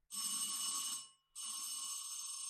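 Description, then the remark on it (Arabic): An electric call bell, rung to summon a servant, rings in two long, shrill bursts, each about a second, separated by a brief pause, a loud, steady metallic jangle with no voices. “تسمح تدق الجرس اللي جنبك؟”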